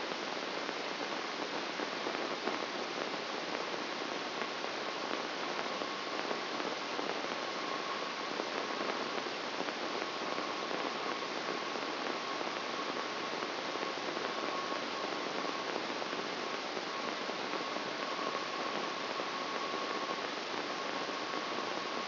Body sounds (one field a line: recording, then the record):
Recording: brain microelectrode recording played as sound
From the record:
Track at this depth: outside the subthalamic nucleus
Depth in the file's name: 1.578 mm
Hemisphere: left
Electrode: 3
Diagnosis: Parkinson's disease